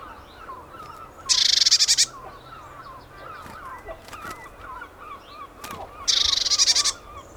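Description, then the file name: Eurasian blue tit giving two harsh, buzzy churring scolds, each a rapid burst of pulses under a second long, with soft chattering calls throughout. "Cyanistes caeruleus"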